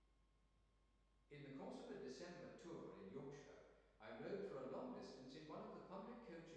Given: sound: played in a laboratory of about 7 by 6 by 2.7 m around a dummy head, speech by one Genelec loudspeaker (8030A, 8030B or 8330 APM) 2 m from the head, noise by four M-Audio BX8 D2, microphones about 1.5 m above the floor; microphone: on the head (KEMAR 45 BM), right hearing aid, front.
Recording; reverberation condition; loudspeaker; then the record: male speech in English; high; 90 degrees to the left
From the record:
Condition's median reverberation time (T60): about 1300 ms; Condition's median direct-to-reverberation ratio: about -4.0 dB